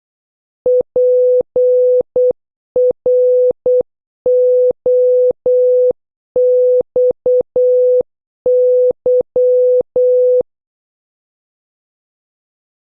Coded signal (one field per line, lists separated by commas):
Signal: Morse code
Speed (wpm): 8 wpm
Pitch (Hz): 500 Hz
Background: none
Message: PROXY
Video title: 10. Practice Morse Code Words with Sound - O to Z (Increasing speed) (Must Watch previous videos)